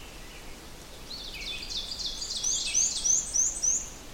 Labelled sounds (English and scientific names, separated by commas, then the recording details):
Ovenbird (Seiurus aurocapilla) song
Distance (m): 55 m
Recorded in boreal forest in Alberta, Canada, on 4 June 2016 at 06:36
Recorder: SongMeter 3, array SBT-3-51
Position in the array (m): 210 m, 19 m
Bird 27